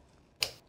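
A DDR4 memory module is pushed down into slot A1 of a Dell PowerEdge R240 server motherboard until both retention tabs snap closed. A single sharp click is heard at 0.4 s against a quiet background, then fades quickly. The module is fully seated.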